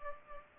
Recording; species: mosquito wingbeat signal from an infrared sensor; Culex pipiens